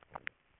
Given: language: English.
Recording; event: throat vibration sensor signal played as sound; swallow